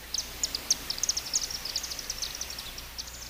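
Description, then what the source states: Chimney Swift twittering: a dense run of thin, very high chips, louder early and softer later, over steady background hiss. Multiple individuals; not very musical chattering heard high overhead, in yards or in town.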